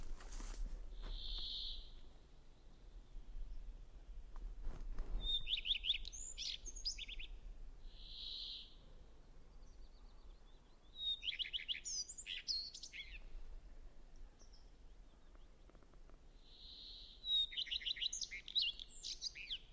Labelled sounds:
Common Redstart (Phoenicurus phoenicurus) song

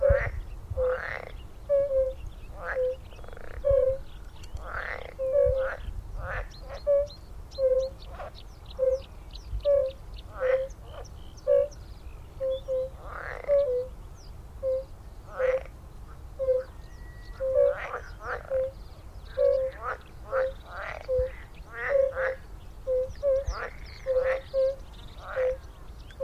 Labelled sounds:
Fire-Bellied Toad (Bombina bombina) call

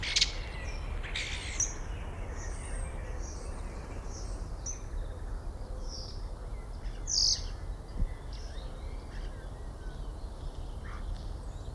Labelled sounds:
European Starling (Sturnus vulgaris)

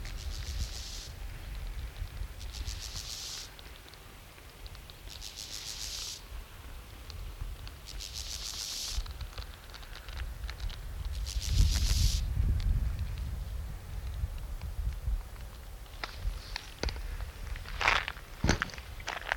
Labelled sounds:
Steppe Grasshopper (Chorthippus dorsatus) stridulation

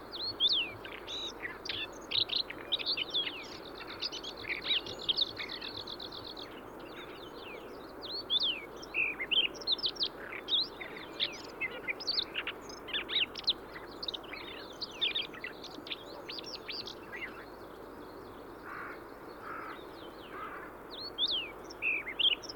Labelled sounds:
Siberian Rubythroat (Luscinia calliope) song

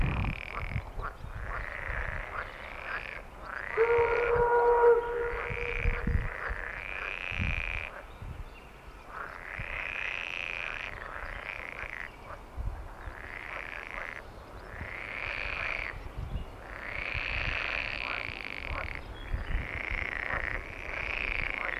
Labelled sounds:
Pool Frog (Pelophylax lessonae) call

